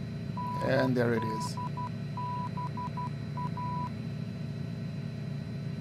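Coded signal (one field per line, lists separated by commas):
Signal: Morse code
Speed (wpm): 12 wpm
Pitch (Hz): 990 Hz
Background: speech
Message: NDBA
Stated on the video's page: Morse ident from an NDB tracked with an ADF to locate an offshore oil platform, in a flight simulator.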